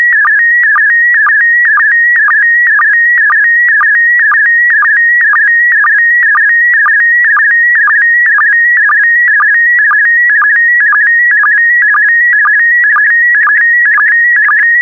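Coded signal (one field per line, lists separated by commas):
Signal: SSTV (slow-scan television)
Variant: PD120 mode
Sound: steady warbling tone shifting in pitch, with short low blips about twice a second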